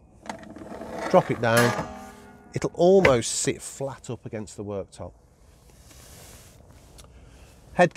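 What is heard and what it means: Someone presses the two small release buttons at the end of each arm of a metal folding table bracket in a Citroen Berlingo panel van camper conversion, and short ratchet-like clicks sound at 0.3 s and 0.4 s as the lock lets go. Someone talks while the bracket unlocks and the table can drop down, released.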